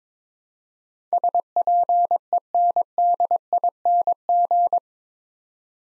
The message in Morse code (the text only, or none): SPENDING